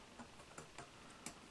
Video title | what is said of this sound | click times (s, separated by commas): Xbox 360 slim (замена термопасты) | آرامی با انگشت خود کلیک کنید. به طوری که هر قفل در جای خود قفل می شود | 0.6 s, 0.8 s, 1.3 s